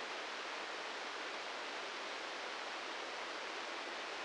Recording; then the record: brain microelectrode recording played as sound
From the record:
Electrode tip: inside the subthalamic nucleus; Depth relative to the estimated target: -6 mm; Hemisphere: left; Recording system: NeuroSet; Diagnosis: Parkinson's disease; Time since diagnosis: 13 years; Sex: male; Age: 66 years